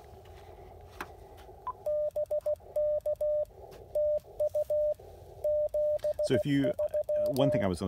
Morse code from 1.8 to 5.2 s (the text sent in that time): BK TU